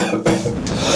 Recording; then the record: coughing mixed with background sound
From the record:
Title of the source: Cough Around the Clock!